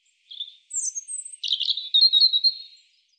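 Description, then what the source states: European robin singing a short high-pitched phrase: a soft introductory note, a thin sliding whistle, then a rapid, jangling warble that trails off into quiet. Audio cleaned and normalized.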